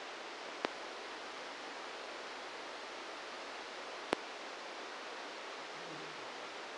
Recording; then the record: brain microelectrode recording played as sound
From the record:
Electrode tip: outside the subthalamic nucleus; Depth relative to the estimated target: 2 mm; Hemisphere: right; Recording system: NeuroSet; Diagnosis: Parkinson's disease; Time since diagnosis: 8 years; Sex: male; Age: 58 years